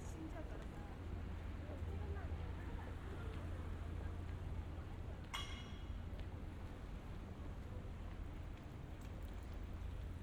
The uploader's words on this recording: 3D AUDIO Walking in Harajuku(原宿)Tokyo, Japan.